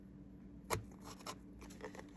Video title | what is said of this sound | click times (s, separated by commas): Project 1 Part Deux: Color Me Badd | Okay, it might be a little difficult. There we go. Snaps right in. | 0.7 s